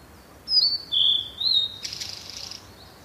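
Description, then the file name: Blue-and-white flycatcher song: a few clear, high whistled notes, ending in a harsh buzzy burst. "oruri"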